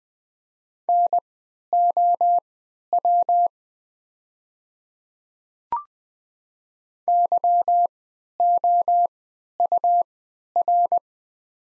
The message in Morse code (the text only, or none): NOW YOUR